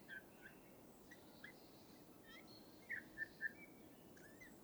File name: Pyrrhula pyrrhula